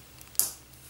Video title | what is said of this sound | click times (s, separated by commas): Zblex French Reviews - SS-28 Barricade | soit bien clip c'est comme ceux ci est rentré cette partie à l'intérieur qui doit également se clipser avant comme | 0.4 s